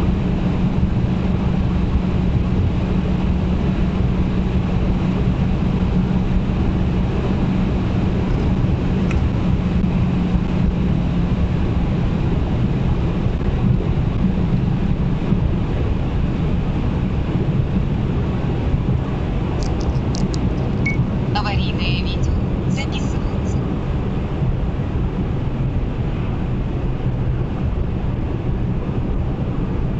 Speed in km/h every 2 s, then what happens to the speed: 201, 202, 204, 205, 206, 193, 185, 175, 168, 158, 154, 146, 139, 133, 127.
0-8 steady at about 204. 8-30 brakes to 127.